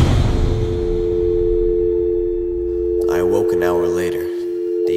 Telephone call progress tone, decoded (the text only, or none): dial tone